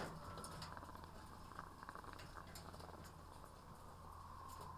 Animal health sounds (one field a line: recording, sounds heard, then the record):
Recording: poultry house recording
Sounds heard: sick chickens (respiratory disease)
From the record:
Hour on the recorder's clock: 18